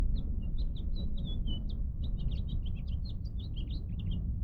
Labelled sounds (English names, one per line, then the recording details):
House Finch song
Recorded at Lawrence on Long Island, New York, on 4 June 1975
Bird D